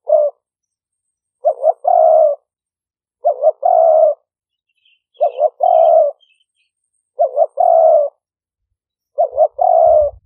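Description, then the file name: Spotted dove giving soft two-part coos, a brief note then a drawn-out coo, repeated roughly every two seconds, with a faint low thump near the end. Vietnamese call style named '5 hậu'. "tieng-cu-gay-5-hau"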